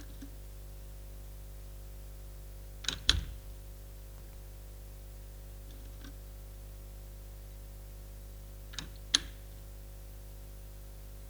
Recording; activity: daily activity, guitar pickup as the sensor; manipulate door